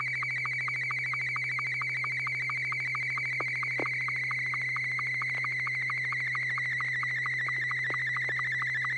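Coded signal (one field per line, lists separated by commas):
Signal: SSTV (slow-scan television)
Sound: warbling tone around two kilohertz with rapid, regular lower-pitched ticks throughout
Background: steady low hum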